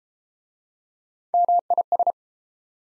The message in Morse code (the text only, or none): MIS